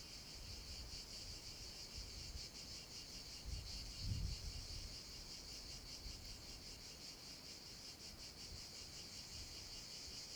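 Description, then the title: Cicadas buzzing in a steady, high shimmering drone with a fast pulsing texture, over low rumbling wind gusts. Cicadas in an abandoned quarry, with wind; recorded with a Zoom H6 and MS capsule. "Cava abbandonata - Vento e cicale nella cava"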